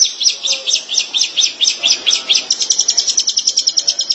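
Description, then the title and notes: Shrike singing a steady series of high, clipped notes, speeding up in the second half into a rapid even chatter. Dated March 2017. "Pentet 201703. Suara burung pentet"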